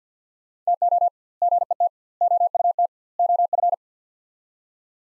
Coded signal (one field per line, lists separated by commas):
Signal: Morse code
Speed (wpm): 50 wpm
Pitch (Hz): 700 Hz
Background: none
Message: TO GET OUT OF